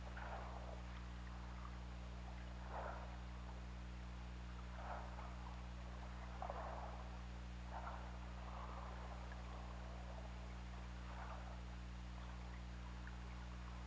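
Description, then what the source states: Killer whale calls: short, fuzzy mid-pitched bursts repeating every few seconds over a constant low hum and steady hiss. Recorded on the OrcaLab hydrophone, 16 February 2018, at about 16:07.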